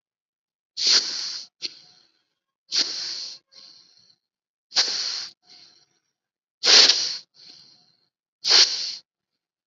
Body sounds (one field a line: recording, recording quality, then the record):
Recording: shallow breathing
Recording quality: excellent, no background noise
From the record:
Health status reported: COVID-19 positive, mild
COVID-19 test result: positive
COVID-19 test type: RT-PCR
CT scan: not taken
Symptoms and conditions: cough, cold, fever, fatigue, muscle pain, another condition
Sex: female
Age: 25 years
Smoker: no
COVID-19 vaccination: none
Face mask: not worn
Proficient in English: no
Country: India